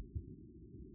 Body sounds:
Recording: neck accelerometer signal played as sound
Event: no cough (speech, laughter, throat clearing or background)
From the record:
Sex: female

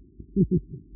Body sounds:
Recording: neck accelerometer signal played as sound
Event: no cough (speech, laughter, throat clearing or background)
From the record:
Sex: female

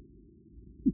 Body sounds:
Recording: neck accelerometer signal played as sound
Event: no cough (speech, laughter, throat clearing or background)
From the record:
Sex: male

